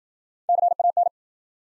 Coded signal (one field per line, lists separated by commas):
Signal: Morse code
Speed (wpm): 53 wpm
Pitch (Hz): 700 Hz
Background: none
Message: CAN